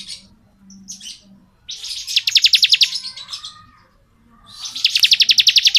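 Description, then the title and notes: Bar-winged prinia: a few soft chips, then a loud rapid pulsed trill, a quiet gap, and a second trill building at the end. Bar-winged prinia (ciblek) singing in 'ngebren' style; recording made as masteran (training) audio for white-rumped shamas (murai batu). "Ciblek Ngebren Untuk Masteran Murai Batu. Suara burung ciblek - Suara Nada"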